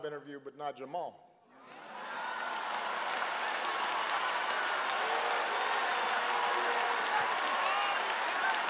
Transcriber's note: applause